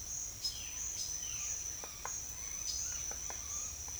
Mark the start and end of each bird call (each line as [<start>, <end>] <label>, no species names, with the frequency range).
[0.51, 3.80] bird call (0.7-4.3 kHz)